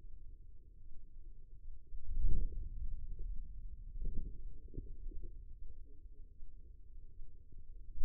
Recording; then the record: forearm muscle sounds (acoustic myography)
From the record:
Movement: hand closing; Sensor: system 2, bracelet of six BSWA MPA416 microphones around the upper forearm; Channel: 3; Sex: female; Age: 25 years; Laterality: right